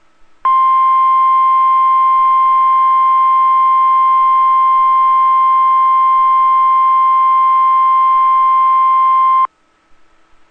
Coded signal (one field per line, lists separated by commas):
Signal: Emergency Alert System (SAME) tones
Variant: 1050 Hz attention tone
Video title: 1/26/22 - WNG676 Required Weekly Test (EAS #346)